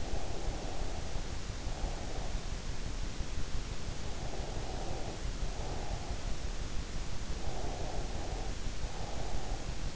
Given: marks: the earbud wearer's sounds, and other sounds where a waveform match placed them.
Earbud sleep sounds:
sounds in sleep by an in-ear microphone; breath
0.00-2.65 s: breath
4.16-6.28 s: breath
7.40-9.66 s: breath

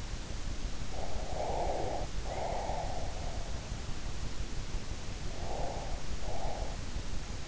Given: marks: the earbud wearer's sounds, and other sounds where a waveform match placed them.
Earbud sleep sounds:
sounds in sleep by an in-ear microphone; breath
0.79-3.24 s: breath
5.34-6.94 s: breath

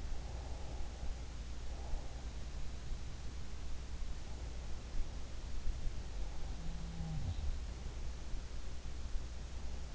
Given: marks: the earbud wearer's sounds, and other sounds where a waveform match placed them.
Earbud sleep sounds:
sounds in sleep by an in-ear microphone; breath
0.00-2.52 s: breath
6.41-7.44 s: sound from someone else or the room

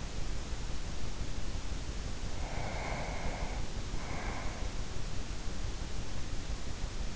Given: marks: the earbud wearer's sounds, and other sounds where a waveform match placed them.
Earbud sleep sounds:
sounds in sleep by an in-ear microphone; breath
2.23-4.98 s: breath

